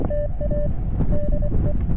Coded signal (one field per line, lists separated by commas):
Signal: Morse code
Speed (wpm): 25 wpm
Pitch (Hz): 590 Hz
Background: none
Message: TA DE